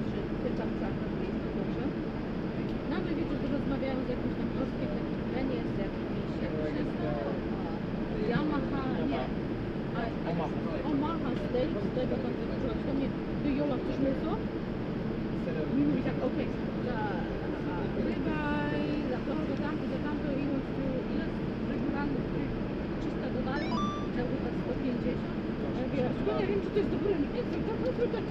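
Inside an airplane waiting for departure, a dense murmur of many overlapping voices fills the cabin steadily throughout. A low, constant engine hum sits underneath, and a few brief higher tones and clinks surface around the middle and near the end.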